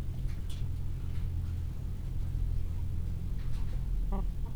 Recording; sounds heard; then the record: poultry house recording; sick chickens (respiratory disease)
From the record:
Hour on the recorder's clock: 16